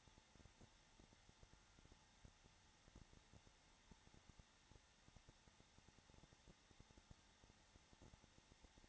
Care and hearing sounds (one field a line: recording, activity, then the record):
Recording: daily activity, microphone in the room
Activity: no activity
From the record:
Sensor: 3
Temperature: 21.3 degrees Celsius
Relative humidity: 33.3%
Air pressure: 994.5 hPa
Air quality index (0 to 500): 167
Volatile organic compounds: 3 ppm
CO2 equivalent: 1455 ppm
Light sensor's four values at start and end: 2/3/2/2 and 2/3/2/2